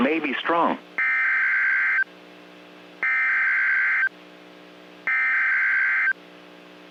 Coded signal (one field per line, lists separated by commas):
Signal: Emergency Alert System (SAME) tones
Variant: header bursts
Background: speech